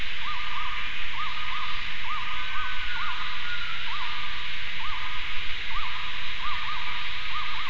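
Gibbon calling with a series of short rising-and-falling hooting notes, repeated irregularly, over a constant loud hiss of background noise.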